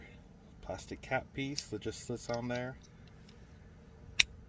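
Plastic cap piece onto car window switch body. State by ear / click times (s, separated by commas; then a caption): seated / 4.2 s. Someone talks while the plastic cap piece of a 2007–2012 Kia Rondo power window switch is pressed back onto the switch body during reassembly. After two faint ticks, a single sharp click at 4.2 s marks the cap snapping into place, seated.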